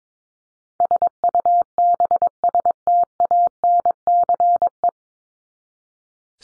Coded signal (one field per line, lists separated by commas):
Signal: Morse code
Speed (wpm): 22 wpm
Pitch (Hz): 700 Hz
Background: none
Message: SUBSTANCE